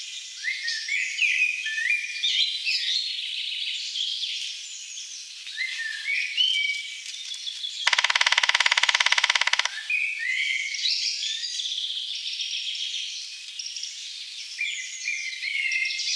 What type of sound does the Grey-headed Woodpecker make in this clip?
song